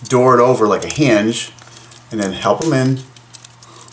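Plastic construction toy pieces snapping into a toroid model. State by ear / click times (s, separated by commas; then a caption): not seated / none. Plastic snap-together construction toy pieces are handled while building a toroid model, hinged over so they can be pushed in with a finger underneath. Someone talks, followed by a few faint ticks from the pieces near the end. Nothing has seated or clicked yet.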